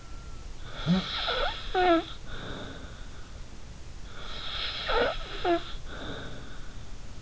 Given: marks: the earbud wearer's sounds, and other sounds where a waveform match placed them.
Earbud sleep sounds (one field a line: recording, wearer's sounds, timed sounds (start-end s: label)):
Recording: sounds in sleep by an in-ear microphone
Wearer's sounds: snoring breath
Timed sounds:
0.65-3.43 s: snoring breath
4.08-6.86 s: snoring breath